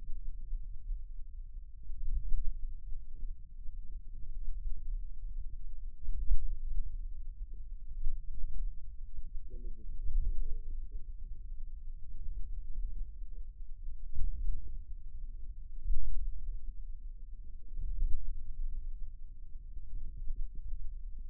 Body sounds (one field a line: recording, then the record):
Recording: forearm muscle sounds (acoustic myography)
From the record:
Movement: ulnar deviation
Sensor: system 2, bracelet of six BSWA MPA416 microphones around the upper forearm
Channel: 1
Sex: male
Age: 22 years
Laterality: right